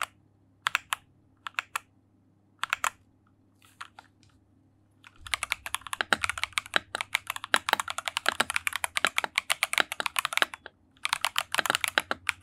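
Keyboard typing, starting with a few scattered, sharp key clicks over the first five seconds. From about five seconds the typing turns fast and dense, a rapid run of crisp taps that pauses briefly near eleven seconds before resuming. A low steady hum sits underneath throughout.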